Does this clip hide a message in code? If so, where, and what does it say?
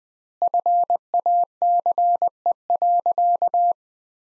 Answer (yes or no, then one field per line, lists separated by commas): yes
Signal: Morse code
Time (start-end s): 0.4-3.7 s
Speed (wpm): 20 wpm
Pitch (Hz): 700 Hz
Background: none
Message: FACE.